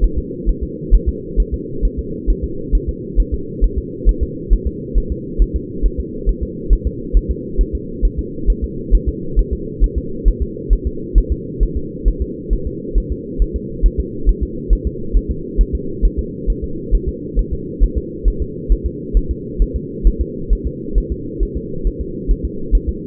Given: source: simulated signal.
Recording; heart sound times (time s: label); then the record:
fetal heart sounds
0.04 s: S1
0.18 s: S2
0.49 s: S1
0.63 s: S2
0.94 s: S1
1.09 s: S2
1.40 s: S1
1.54 s: S2
1.85 s: S1
1.99 s: S2
2.30 s: S1
2.44 s: S2
2.75 s: S1
2.89 s: S2
3.20 s: S1
3.34 s: S2
3.64 s: S1
3.78 s: S2
4.09 s: S1
4.23 s: S2
4.53 s: S1
4.67 s: S2
4.98 s: S1
5.12 s: S2
5.42 s: S1
5.56 s: S2
5.86 s: S1
6.00 s: S2
6.29 s: S1
6.43 s: S2
6.73 s: S1
6.87 s: S2
7.17 s: S1
7.31 s: S2
7.61 s: S1
7.75 s: S2
8.05 s: S1
8.19 s: S2
8.50 s: S1
8.64 s: S2
8.94 s: S1
9.09 s: S2
9.39 s: S1
9.53 s: S2
9.84 s: S1
9.98 s: S2
10.28 s: S1
10.42 s: S2
10.73 s: S1
10.87 s: S2
11.18 s: S1
11.32 s: S2
11.63 s: S1
11.77 s: S2
12.08 s: S1
12.22 s: S2
12.53 s: S1
12.67 s: S2
12.98 s: S1
13.12 s: S2
13.42 s: S1
13.56 s: S2
13.86 s: S1
14.00 s: S2
14.29 s: S1
14.43 s: S2
14.73 s: S1
14.87 s: S2
15.17 s: S1
15.31 s: S2
15.61 s: S1
15.75 s: S2
16.05 s: S1
16.19 s: S2
16.50 s: S1
16.64 s: S2
16.94 s: S1
17.09 s: S2
17.39 s: S1
17.53 s: S2
17.83 s: S1
17.97 s: S2
18.28 s: S1
18.42 s: S2
18.72 s: S1
18.86 s: S2
19.17 s: S1
19.31 s: S2
19.62 s: S1
19.76 s: S2
20.07 s: S1
20.21 s: S2
20.53 s: S1
20.67 s: S2
20.98 s: S1
21.12 s: S2
21.43 s: S1
21.57 s: S2
21.87 s: S1
22.01 s: S2
22.31 s: S1
22.45 s: S2
22.75 s: S1
22.89 s: S2
From the record:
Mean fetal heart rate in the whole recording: 135 bpm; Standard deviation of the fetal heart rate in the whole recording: 3 bpm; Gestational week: 36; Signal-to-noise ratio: -4.3 dB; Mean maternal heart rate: 72 bpm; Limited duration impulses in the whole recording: absent